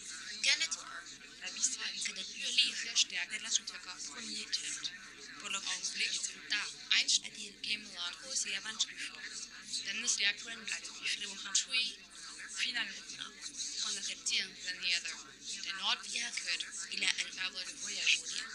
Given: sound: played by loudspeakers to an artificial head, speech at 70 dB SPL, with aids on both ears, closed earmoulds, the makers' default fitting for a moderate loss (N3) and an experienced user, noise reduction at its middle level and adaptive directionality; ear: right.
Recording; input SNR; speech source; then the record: speech test signal (ISTS) in cocktail-party noise; -3 dB; on the right (90 degrees)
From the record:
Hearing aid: class 1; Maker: J